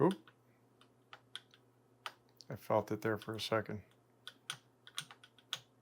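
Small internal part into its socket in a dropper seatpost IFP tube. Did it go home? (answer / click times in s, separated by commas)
yes / 5.5 s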